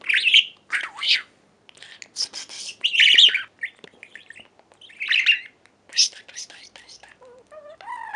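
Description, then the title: Budgerigar warbling: raspy chirps and scratchy squawks in close bursts, ending with a few clearer whistled notes rising in pitch. "Budgie Sounds"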